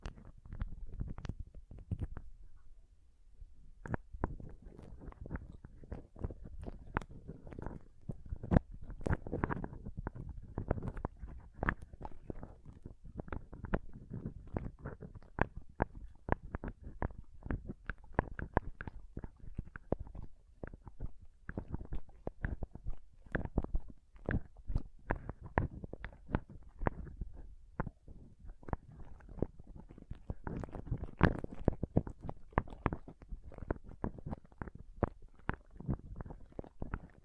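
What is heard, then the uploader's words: Pom poms are squished and brushed in a constant stream of soft, crinkly rustling and scratchy crackles. The texture stays dense and irregular, mostly low and muffled with sharper bright flicks mixed in. After a short lull around three seconds, it continues evenly to the end. ASMR Ultimate Pom Pom Tingles (No Talking).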